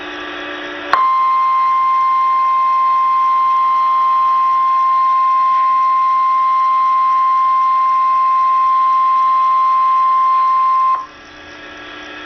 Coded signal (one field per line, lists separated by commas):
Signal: Emergency Alert System (SAME) tones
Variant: 1050 Hz attention tone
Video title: EAS Alert #37 - Severe Thunderstorm Warning #16 5/12/14